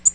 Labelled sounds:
Tennessee Warbler (Leiothlypis peregrina) flight call

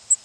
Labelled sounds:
Cape May Warbler (Setophaga tigrina) flight call

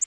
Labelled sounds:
Orange-crowned Warbler (Leiothlypis celata) flight call

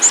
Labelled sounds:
Golden-winged Warbler (Vermivora chrysoptera) flight call

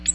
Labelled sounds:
Ovenbird (Seiurus aurocapilla) flight call

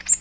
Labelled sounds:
Magnolia Warbler (Setophaga magnolia) flight call

